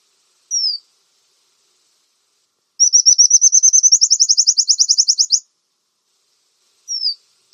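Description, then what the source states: Brown-throated sunbird song: a short, very high slurred note, then a quick run of rapid, high notes rising slightly over about two and a half seconds, then another single note. Actively singing (gacor).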